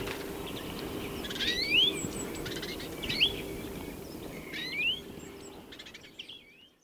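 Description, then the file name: European greenfinch calls: short rising, slurred notes, three of them in the first five seconds, softer and mixed with faint chirps and background noise that fades out. "Chloris chloris"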